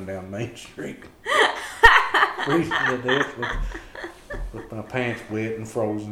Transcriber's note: laughter